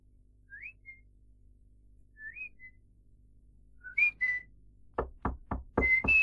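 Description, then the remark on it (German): Someone whistles a few short rising notes, then five firm, evenly spaced knocks sound on a door while the whistling continues faintly over the last knocks. “Herein. Herein! Die Tür ist offen!”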